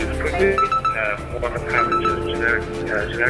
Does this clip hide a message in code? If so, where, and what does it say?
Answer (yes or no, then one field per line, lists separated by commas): no